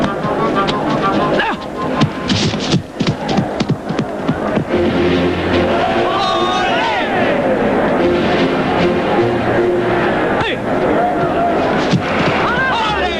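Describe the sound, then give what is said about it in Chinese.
A loud, dense crowd of spectators cheers and shouts without pause, with rising whoops and calls piercing the steady roar and a low rumbling throb running underneath throughout, as a performer wins them over with just a few moves. “自信的呼安果然身手不凡，才几个动作就征服了全场的观众。”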